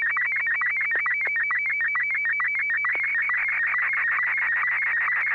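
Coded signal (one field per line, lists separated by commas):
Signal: SSTV (slow-scan television)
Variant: Martin 1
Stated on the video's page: SSTV net on an FM repeater at 441.300 MHz, using MMSSTV software.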